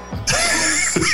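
One harsh, throaty cough with a rough voiced tail from an adult man with COVID, coughing into the microphone.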